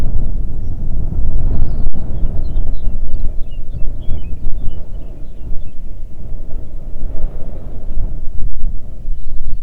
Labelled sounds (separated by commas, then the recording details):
bird, wind
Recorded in the Arctic National Wildlife Refuge, Alaska, on 3 June 2019 at 04:40
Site 37